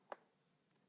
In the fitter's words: put it in there firmly until it clicks.